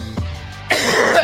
They're just coughing in the camera. It sounds like he's gonna throw up.